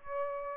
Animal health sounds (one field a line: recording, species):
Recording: mosquito wingbeat signal from an infrared sensor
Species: Aedes albopictus